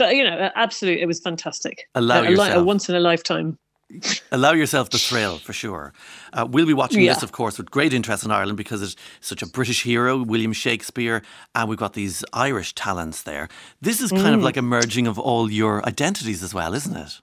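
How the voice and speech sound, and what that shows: Fluent, clear conversational speech from an adult man in an interview, with normal voice and rhythm.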